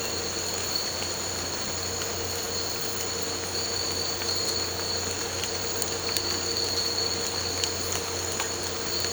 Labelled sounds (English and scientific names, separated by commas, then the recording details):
none
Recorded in pastures near Puerto Asís, Putumayo, Colombia, on 8 March 2025 at 02:30
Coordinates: 0.466, -76.322
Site CSA-02